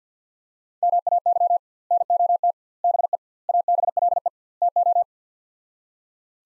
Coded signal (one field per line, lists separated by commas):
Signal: Morse code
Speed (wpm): 48 wpm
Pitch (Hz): 700 Hz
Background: none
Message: MAY NOT BE ABLE TO